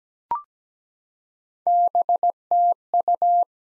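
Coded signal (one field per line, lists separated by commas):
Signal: Morse code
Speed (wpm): 17 wpm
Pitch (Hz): 700 Hz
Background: none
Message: BTU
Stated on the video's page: Morse drill of common QSO elements at 17 wpm for head-copy, each sent, then spoken, then sent again.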